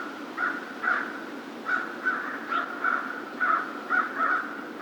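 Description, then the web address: American crow giving a series of rough, hoarse caws in uneven quick succession over steady low background noise. Recorded on 2 March 2010. "2010 03 02 American Crow"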